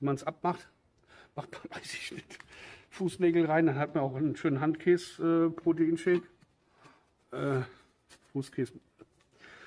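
Someone talks while trying to screw the lid onto a metal protein shaker bottle, and the lid cross-threads and jams straight away instead of screwing on. Two small contact knocks are heard at about 9.0 s and 9.2 s, but nothing has seated or clicked.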